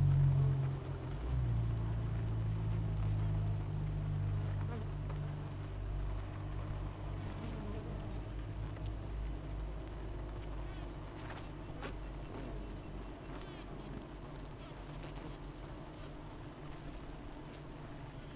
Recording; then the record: honeybee colony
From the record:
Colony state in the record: missing queen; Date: 14 July 2017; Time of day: 7:33